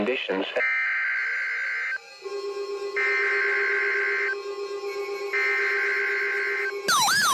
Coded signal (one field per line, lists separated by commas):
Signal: Emergency Alert System (SAME) tones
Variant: header bursts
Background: speech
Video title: SLIGHT RISK INSANITY II. EAS Alerts from 1-18-2023. [EAS #1057 - #1066]